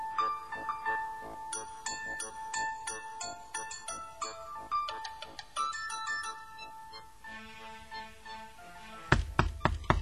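A bright, tinkling chime melody plays for several seconds, then stops as a quick series of loud, heavy knocks on a door breaks in at the end.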